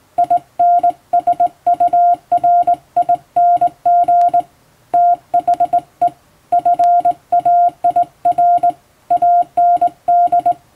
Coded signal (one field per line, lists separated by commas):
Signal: Morse code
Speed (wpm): 20 wpm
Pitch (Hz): 700 Hz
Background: none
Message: INSURING THE FAIR AND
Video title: モールスの基本的な打ち方！綺麗な手打ちモールス符号で送信しよう！欧文モールス信号を電報練習帳で打ってみました！YouTubeの再生速度を調整して聴いてみよう(morse code practice)